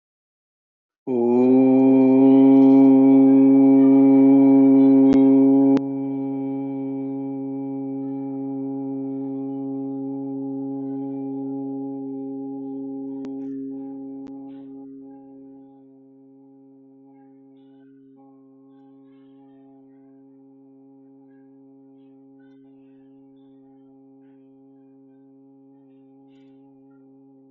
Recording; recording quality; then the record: sustained vowel as in boot; moderate, slight background noise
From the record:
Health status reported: healthy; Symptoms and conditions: none ticked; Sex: male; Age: 34 years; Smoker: not ticked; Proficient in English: yes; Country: India